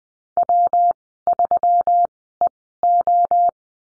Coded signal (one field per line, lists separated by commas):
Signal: Morse code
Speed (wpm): 20 wpm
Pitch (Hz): 700 Hz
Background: none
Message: W3EO